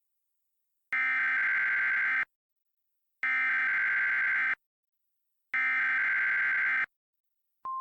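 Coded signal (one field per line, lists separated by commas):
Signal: Emergency Alert System (SAME) tones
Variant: header bursts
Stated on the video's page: Fictional blizzard scenario, simulated alert, remastered edit.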